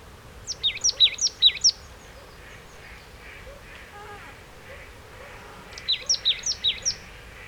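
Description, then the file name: Marsh tit calling: two quick bursts of about six sharp, high, down-slurred chipping notes, separated by a pause of several seconds over faint background hiss. "Poecile palustris"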